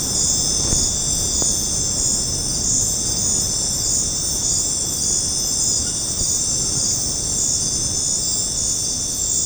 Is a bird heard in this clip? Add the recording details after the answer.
no. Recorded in secondary vegetation near Puerto Asís, Putumayo, Colombia, on 13 March 2025 at 21:30. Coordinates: 0.481, -76.318. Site G097